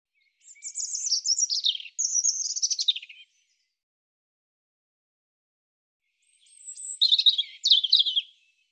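European robin song in two separate phrases, each a fast jumble of thin, high warbles and trills, with several seconds of quiet between them.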